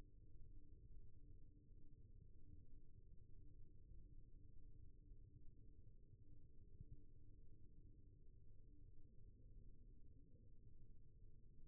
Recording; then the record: forearm muscle sounds (acoustic myography)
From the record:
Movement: rest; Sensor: system 1, eight BSWA MPA416 microphones around the upper forearm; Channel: 2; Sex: male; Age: 23 years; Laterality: right